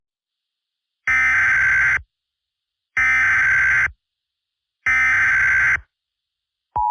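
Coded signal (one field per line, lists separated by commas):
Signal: Emergency Alert System (SAME) tones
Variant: header bursts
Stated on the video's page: Fictional EAS scenario, not a real alert.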